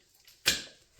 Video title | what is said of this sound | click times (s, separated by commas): Jaguar X-type Rattle Cans paint job looks factory | Like so. You hear it click. | 0.5 s